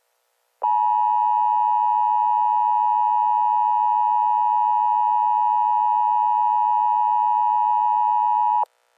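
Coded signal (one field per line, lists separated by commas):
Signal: Emergency Alert System (SAME) tones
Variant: 853 and 960 Hz attention tone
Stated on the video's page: This is a fictional Easter EAS scenario whose SAME tones are stated to be valid.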